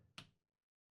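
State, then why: Seated. A SO-DIMM memory stick, the first of two in an old laptop, is pushed down into its slot until the retaining clips catch. A sharp snap is heard at 0.2 seconds, then it fades quickly to silence. The RAM stick is seated.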